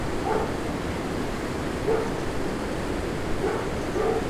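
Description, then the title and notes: Dog giving four short barks at uneven intervals, half buried in a constant broad rushing noise. Dog barking as recordist walks toward the Moulin Banal mill, Rue des Comtes de Robiano 4, Braine-le-Château, Belgium; recorded with Lom mikroUsi microphones in AB position into a Sony PCM-M10. "Rue des Comtes de Robiano 4, 1440 Braine-le-Château, Belgique - Moulin Banal and dog. Walking to the mill, a dog barks. Marche vers le moulin banal, un chien aboie"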